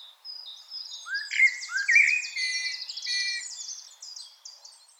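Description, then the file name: Common blackbird song: a few fluted notes beneath a long stream of high, buzzy, chattering trills that slowly fade away. "Turdus merula"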